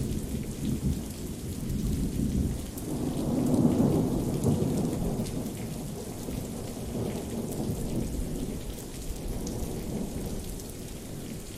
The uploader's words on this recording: Rain Sounds.